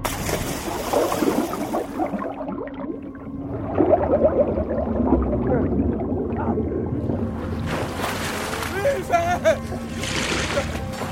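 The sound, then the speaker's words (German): Water sloshes and splashes continuously as a man swims for his life through the sea off the Portuguese coast, with irregular churning strokes and bursts of brighter spray over a low, rumbling wash. “Er schwimmt um sein Leben, während um ihn Schiffe brennen, auf denen gekämpft wird.”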